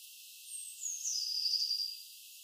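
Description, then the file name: Eurasian blue tit giving a single thin, high, drawn-out note that slides gradually downward before fading. "Cyanistes caeruleus"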